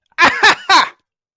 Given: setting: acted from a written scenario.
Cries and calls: vocal sound without words; pain

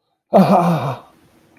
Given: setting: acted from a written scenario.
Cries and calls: vocal sound without words; elation

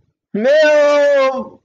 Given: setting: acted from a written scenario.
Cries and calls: vocal sound without words; fear

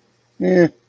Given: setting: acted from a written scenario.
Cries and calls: vocal sound without words; neutral

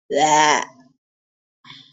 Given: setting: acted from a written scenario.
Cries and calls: vocal sound without words; disgust

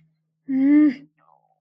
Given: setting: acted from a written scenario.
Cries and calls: vocal sound without words; anger

